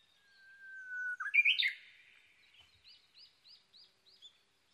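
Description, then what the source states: Japanese bush warbler whistles a long note then a loud abrupt flourish, followed by another bird's several short repeated chirps. Recorded 22 May 2011 at 05:58.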